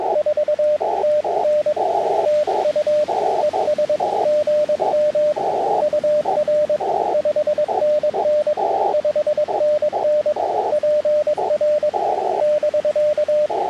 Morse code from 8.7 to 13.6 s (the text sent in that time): 5NN PR <BK>